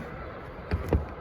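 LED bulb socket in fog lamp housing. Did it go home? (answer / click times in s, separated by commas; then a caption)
no / none. Someone tries to fit an LED bulb socket into the back of a dual-color LED fog lamp housing on a Focus 3.5, producing two short knocks at about 0.7 and 0.9 s over a low background. The socket has not seated or clicked yet; it fails to seat.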